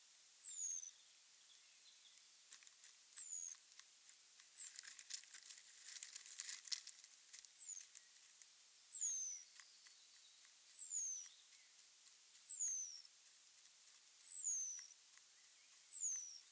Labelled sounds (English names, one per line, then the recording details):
Hazel Dormouse call
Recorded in the wild
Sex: pair
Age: adult
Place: Jena, Thüringen, DE
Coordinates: 50.9178, 11.5264
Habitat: Nestbox
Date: 2024-05-13 19:46
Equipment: audiomoth
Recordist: Nüske, Jörg
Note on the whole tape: Schwarzer Graben (unten): Serie von Lauten unmittelbar nachder Paarung